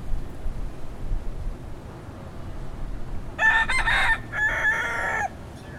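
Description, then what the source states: Rooster crowing: after quiet background, a harsh, broken crow in several loud segments begins past the midpoint and runs nearly two seconds. Roosters, more than one, in Key West.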